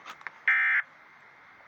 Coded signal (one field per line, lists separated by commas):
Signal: Emergency Alert System (SAME) tones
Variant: end-of-message bursts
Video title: EAS 527 HI RMT